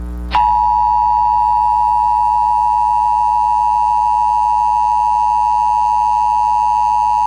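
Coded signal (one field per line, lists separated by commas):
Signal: Emergency Alert System (SAME) tones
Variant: 853 and 960 Hz attention tone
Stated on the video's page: Personally captured EAS alerts, a compilation of real alerts.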